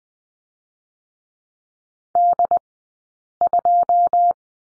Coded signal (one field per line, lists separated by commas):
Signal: Morse code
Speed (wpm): 20 wpm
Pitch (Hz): 700 Hz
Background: none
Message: D2